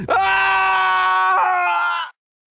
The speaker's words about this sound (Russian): И тогда только понимает, что эта боль посильнее боли в груди от пустоты. И тогда он кричит.